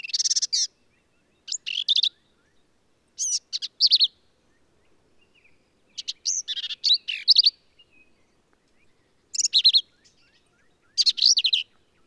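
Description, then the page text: Black-capped vireo delivering a lively run of varied, scratchy phrases, some clipped short, others joined together, with brief pauses between bursts. Male singing; endangered species; sings a phrase alone, truncates it, embellishes it or runs several together; Kerr Wildlife Management Area, Hunt, Texas hill country. "Birdsong for the Curious Naturalist. Black-capped vireo"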